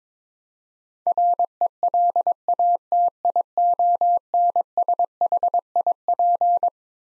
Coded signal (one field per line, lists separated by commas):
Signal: Morse code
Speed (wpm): 22 wpm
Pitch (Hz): 700 Hz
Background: none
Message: RELATIONSHIP